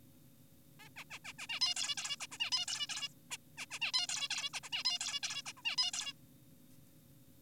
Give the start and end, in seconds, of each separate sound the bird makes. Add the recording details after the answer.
0.80-0.89, 0.96-1.04, 1.11-1.19, 1.25-1.33, 1.39-1.47, 1.50-1.60, 1.62-1.74, 1.76-1.95, 1.98-2.16, 2.20-2.27, 2.32-2.38, 2.40-2.51, 2.52-2.66, 2.68-2.88, 2.90-3.08, 3.31-3.37, 3.58-3.66, 3.71-3.79, 3.82-3.92, 3.94-4.07, 4.09-4.28, 4.30-4.50, 4.54-4.60, 4.64-4.70, 4.73-4.84, 4.85-4.99, 5.01-5.20, 5.23-5.42, 5.46-5.53, 5.58-5.62, 5.65-5.76, 5.78-5.92, 5.94-6.13. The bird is an adult. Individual g4p5U